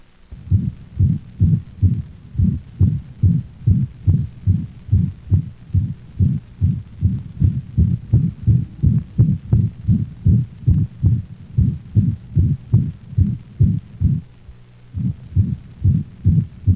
Mitral insufficiency. The holosystolic murmur is so loud and prolonged that the second heart sound is obliterated, giving the impression of only one prolonged sound.